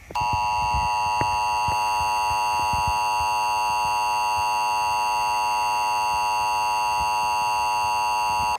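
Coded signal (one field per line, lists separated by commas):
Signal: Emergency Alert System (SAME) tones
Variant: 853 and 960 Hz attention tone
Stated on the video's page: Fictional EAS scenario, a simulated alert.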